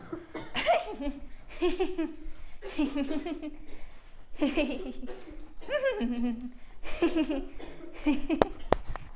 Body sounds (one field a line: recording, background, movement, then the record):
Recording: laughter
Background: a bystander coughing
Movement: walking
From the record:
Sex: female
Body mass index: 22.6 kg/m2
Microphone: on the chest, facing outward